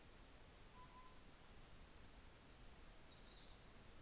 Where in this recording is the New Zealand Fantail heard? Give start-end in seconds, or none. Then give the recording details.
none. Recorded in New Zealand on 24 December 2018. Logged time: 15:05